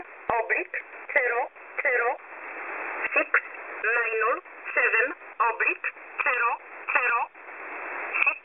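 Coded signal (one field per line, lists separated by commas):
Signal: numbers station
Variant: E11 Oblique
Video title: E11 Oblique 24/04/2024 1045 UTC 12385kHz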